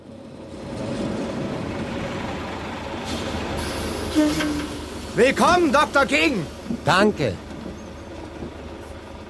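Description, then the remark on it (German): A bus engine idles with a steady low rumble throughout, while a couple of voices exchange a brief, lively greeting over it partway through; the bus Martin Luther King rode on 21 December 1956, sitting at the front beside a white preacher. “Martin setzte sich vorne in den Bus neben einen weißen Prediger.”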